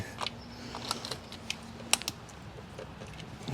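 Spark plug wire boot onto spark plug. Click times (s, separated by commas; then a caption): 1.9 s. During a major tune-up on a 1990 Mercedes 560SEC AMG, a spark plug wire boot is pushed onto a spark plug, with several faint ticks and rustles as it is worked into place. It snaps home with one sharp click at 1.9 s, which is how you know the boot is fully on, and the boot is seated.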